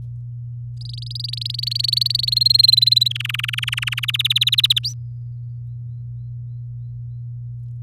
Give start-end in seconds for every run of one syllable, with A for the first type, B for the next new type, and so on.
0.81-2.25 A, 2.27-3.08 B, 3.10-4.05 C, 4.08-4.79 D, 4.83-4.94 E